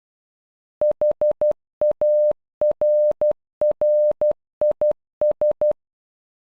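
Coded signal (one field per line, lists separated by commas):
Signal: Morse code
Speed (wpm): 12 wpm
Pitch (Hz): 600 Hz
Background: none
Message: HARRIS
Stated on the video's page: Generated Morse for "Harris" at normal and half speed.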